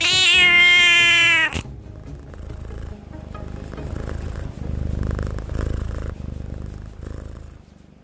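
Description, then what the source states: Singapura cat with a single long meow that cuts off sharply, followed by several seconds of low rumbling background noise. Singapura, also called longkang cat after the Malay word for drain; at a residential block in Jurong, Singapore.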